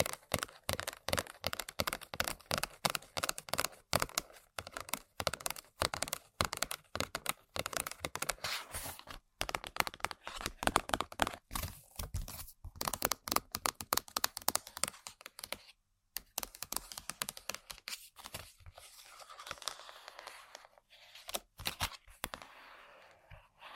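Fast, dense tapping and scratching on objects, crisp clicks in rapid bursts with brief pauses near nine and sixteen seconds, softer scratching toward the end.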